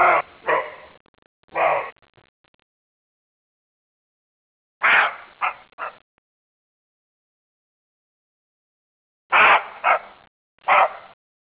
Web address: divljaci srna srna